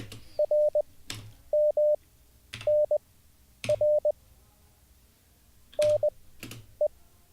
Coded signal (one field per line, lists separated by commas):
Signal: Morse code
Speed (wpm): 20 wpm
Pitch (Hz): 600 Hz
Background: none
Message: RMNR NE